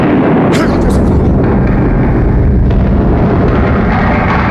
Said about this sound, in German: Es war ein Donnerschlag geschehen, als wenn die Erde zerbersten wolle. Der Boden schwankte unter ihren Füßen und das ganze Unterirdische schien eine einzige große Woge zu sein.